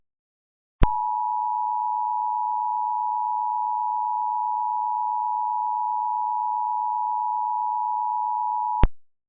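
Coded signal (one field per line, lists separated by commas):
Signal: Emergency Alert System (SAME) tones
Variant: 853 and 960 Hz attention tone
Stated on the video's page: Fictional EAS scenario with valid SAME tones.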